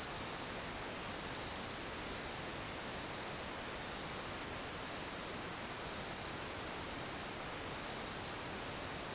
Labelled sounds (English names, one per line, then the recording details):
none
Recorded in dense forest near Puerto Asís, Putumayo, Colombia, on 29 June 2025 at 17:00
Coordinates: 0.484, -76.317
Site G045